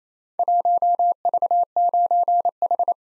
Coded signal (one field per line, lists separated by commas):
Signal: Morse code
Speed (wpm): 29 wpm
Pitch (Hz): 700 Hz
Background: none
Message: 1V9H